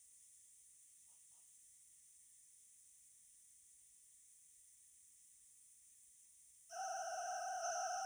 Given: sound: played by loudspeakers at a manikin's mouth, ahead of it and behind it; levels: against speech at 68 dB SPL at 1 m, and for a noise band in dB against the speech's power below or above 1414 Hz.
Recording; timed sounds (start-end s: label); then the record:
test signals for a remote microphone
6.69-8.06 s: four noise bands (707, 1414, 2828 and 5656 Hz), 50 dB SPL
From the record:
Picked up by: remote microphone C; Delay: 23 ms